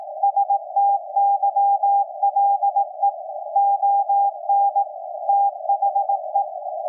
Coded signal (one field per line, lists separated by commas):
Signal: Morse code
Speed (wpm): 18 wpm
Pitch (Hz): 800 Hz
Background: none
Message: STYLE ON THE